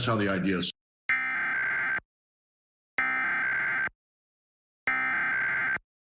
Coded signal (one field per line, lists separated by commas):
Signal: Emergency Alert System (SAME) tones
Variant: header bursts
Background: speech